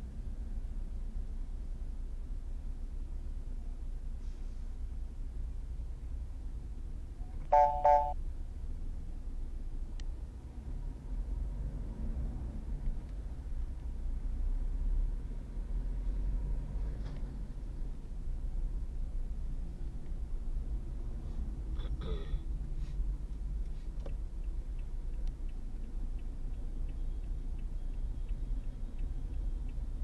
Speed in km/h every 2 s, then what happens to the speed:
0, 0, 0, 0, 6, 13, 14, 20, 24, 21, 15, 12, 13, 15, 18.
0-6 standing. 6-15 pulls away to 24. 15-22 slows to 12. 22-30 steady at about 13.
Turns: none.